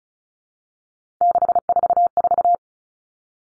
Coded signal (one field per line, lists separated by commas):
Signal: Morse code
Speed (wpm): 34 wpm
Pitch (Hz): 700 Hz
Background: none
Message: 644